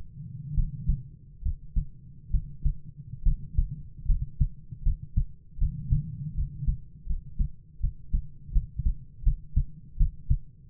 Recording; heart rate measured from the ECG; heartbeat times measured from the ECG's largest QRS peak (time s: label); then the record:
heart sounds by stethoscope; 76 bpm
0.54 s: heartbeat
1.42 s: heartbeat
2.30 s: heartbeat
3.22 s: heartbeat
4.05 s: heartbeat
4.82 s: heartbeat
5.57 s: heartbeat
6.34 s: heartbeat
7.05 s: heartbeat
7.80 s: heartbeat
8.51 s: heartbeat
9.22 s: heartbeat
9.96 s: heartbeat
From the record:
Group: healthy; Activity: rest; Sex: male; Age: 22 years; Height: 185 cm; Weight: 112.4 kg